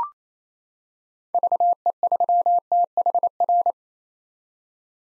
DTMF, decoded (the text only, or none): none